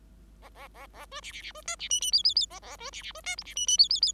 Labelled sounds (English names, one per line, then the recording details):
Bengalese Finch song
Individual Bird5